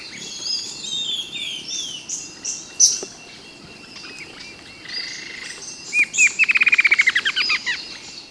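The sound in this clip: Bird calls: scattered thin high chirps and twitters, ending in a quick rattling series of bright, evenly spaced descending notes.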